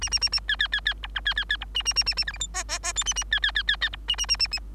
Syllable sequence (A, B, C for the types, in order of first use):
A A A A B B B B C D B B B C A A A A A E F G H H H I A A B B B B B C A A A A A